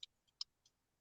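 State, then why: Not seated. A cap is put on a Sanitalis perfume bottle, producing a few faint, brief high-pitched taps, the loudest at 0.0 and 0.4 seconds, with softer ones near 0.3 and 0.7 seconds. The cap does not click; nothing has seated or clicked.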